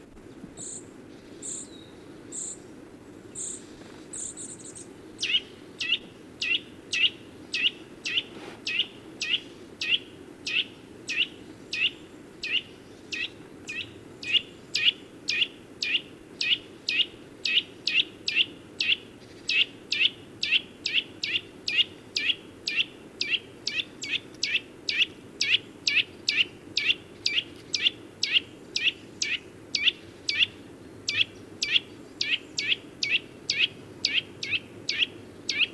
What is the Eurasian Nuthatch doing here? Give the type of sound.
call